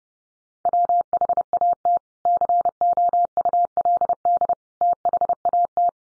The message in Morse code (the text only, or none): WHAT COULD THAT